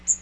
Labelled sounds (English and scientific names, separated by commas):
Magnolia Warbler (Setophaga magnolia) flight call